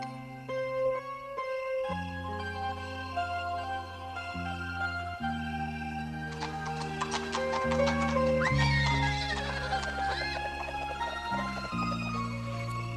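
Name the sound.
horse neighing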